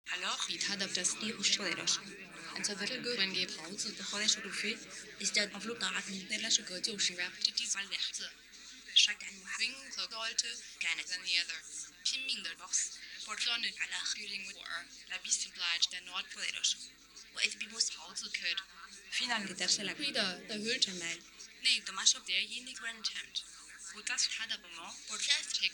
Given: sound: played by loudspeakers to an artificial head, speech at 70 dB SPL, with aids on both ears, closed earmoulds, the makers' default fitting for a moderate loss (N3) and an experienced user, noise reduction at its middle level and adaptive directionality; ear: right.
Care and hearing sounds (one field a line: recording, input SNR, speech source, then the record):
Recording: speech test signal (ISTS) in cocktail-party noise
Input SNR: +3 dB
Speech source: on the right (90 degrees)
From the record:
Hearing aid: class 1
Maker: J